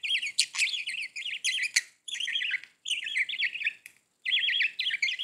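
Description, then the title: Budgerigar warbling chatter, long runs of rapid wavering chirps in several bursts with short pauses between them. "Budgie Sounds"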